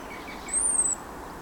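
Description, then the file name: European robin making one high, thin whistle that rises briefly then slowly falls, above a steady low drone. "Erithacus rubecula"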